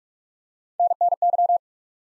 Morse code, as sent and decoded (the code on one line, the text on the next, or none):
-. -. -.--
NNY